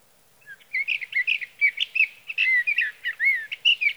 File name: Sage Thrasher